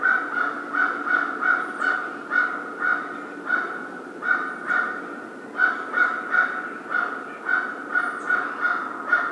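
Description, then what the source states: American crow giving long runs of many harsh caws. Recorded 2010-02-01.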